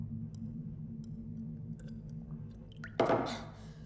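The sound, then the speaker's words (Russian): A woman gulps water from a glass taken from a table: a few soft clicks over a low steady hum, then one short, wet, fairly loud swallowing burst near the end. No one speaks. “На столе стоит стакан с водой. Кейт хватает его и пьет.”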